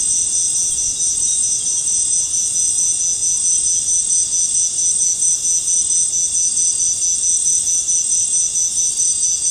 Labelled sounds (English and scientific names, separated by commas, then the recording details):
none
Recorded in secondary vegetation near Puerto Asís, Putumayo, Colombia, on 23 June 2025 at 18:30
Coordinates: 0.484, -76.319
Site G074